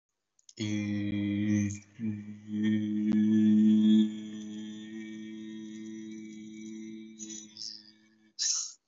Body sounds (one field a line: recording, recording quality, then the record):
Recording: sustained vowel as in beet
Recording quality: moderate, slight background noise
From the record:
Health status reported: COVID-19 positive, no symptoms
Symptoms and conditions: none ticked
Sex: male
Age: 24 years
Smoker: not ticked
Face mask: not worn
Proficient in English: no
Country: India